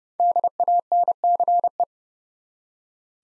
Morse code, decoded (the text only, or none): DANCE